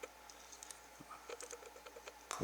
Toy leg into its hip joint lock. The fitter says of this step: And it should kind of, it's kind of a sissy lock, but it does kind of lock into place,